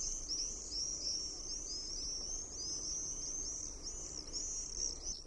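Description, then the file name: Common Swift screams in a fast series of high, thin, down-slurred shrieks running continuously, with a soft background hiss. "TERVAPAASKY"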